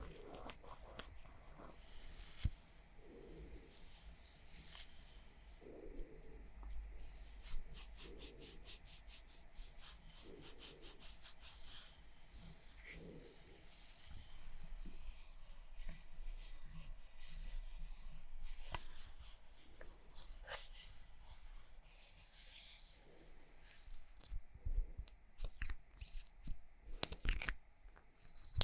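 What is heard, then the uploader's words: Makeup triggers with tapping and scratching: dense runs of rapid, fine clicks and scrapes in sharp bursts, with a steady low hum beneath. Soft, rounded taps land every couple of seconds early on, and the clicks grow louder and more scattered toward the end. ASMR Makeup Triggers For Sleep Tapping, Scratching, etc (No Talking).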